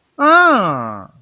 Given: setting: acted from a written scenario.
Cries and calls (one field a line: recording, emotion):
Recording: vocal sound without words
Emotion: realization